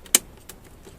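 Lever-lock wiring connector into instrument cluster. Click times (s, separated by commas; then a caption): 0.2 s. A plastic multi-pin wiring connector is pushed slightly into the instrument cluster of a 2000–2007 Skoda Fabia Mk1 1.9 PD, and its locking lever is turned down to pull it into place. A sharp snap is heard at about 0.2 s, followed by a fainter tick near 0.5 s. The lever-lock connector locks home and is firmly seated.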